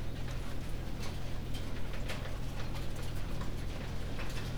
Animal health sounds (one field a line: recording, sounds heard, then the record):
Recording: poultry house recording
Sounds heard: no chicken sound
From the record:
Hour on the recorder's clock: 19